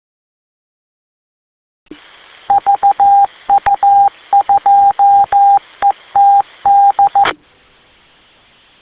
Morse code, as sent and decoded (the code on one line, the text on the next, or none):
...- ..- ..--- . - -..
VU2ETD